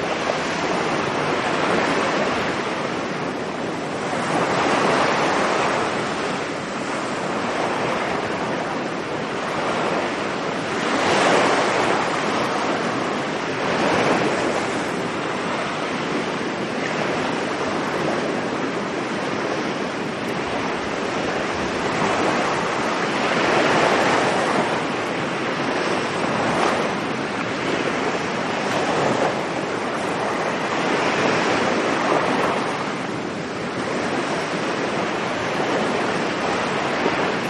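Ocean waves wash onto a beach in a steady, full hiss that never drops away. Brighter surges swell roughly every few seconds, around 4, 11, 14, 24 and 30 seconds, over a soft low rumble, with a touch of wind in the background.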